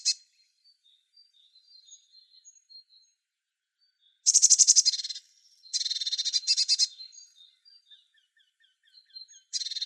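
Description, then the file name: Eurasian blue tit calls: high buzzy scolding bursts and thin ticking notes, with quiet soft notes between the louder stretches. "Cyanistes caeruleus"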